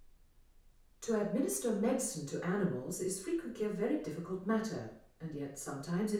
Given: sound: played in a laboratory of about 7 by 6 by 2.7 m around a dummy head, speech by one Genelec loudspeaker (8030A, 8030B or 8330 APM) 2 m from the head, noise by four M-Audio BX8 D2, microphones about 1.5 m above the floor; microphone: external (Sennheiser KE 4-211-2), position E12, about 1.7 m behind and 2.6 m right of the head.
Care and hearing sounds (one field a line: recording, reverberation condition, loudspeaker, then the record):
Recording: female speech in English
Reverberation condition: medium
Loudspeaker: 30 degrees to the left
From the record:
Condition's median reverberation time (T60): about 510 ms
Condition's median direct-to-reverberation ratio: about -0.5 dB